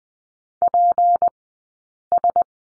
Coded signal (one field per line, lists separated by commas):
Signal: Morse code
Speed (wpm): 20 wpm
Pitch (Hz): 700 Hz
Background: none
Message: PS